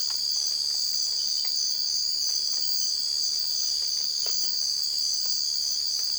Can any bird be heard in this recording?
no